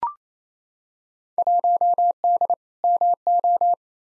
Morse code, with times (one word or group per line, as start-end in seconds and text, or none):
1.4-2.5 1D
2.8-3.7 MO